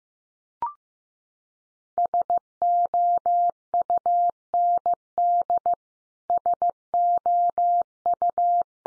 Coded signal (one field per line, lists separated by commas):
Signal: Morse code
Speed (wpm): 15 wpm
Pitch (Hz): 700 Hz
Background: none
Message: SOUND SOU